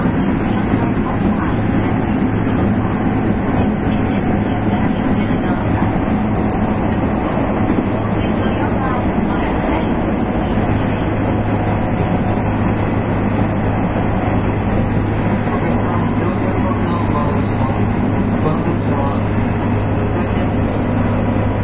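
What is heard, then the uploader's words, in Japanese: Running noise recorded inside an express train: a steady, dense rumble with a low hum underneath that holds level for the whole stretch. Faint rhythmic clatter and creaks ride on top, and muffled voices surface now and then in the background. 西日本鉄道 8000系電車の走行音です。この列車は、観光列車『水都』でした。It is running noise of Nishitetsu 8000 series train.I recorded on the express train of the Omuta Line.The section is from Fukuoka to Kurume.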